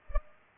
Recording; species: mosquito wingbeat signal from an infrared sensor; Culex pipiens